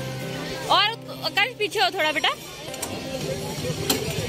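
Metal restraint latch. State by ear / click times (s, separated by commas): seated / 3.9 s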